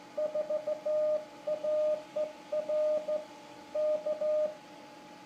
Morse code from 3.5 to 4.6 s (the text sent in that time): K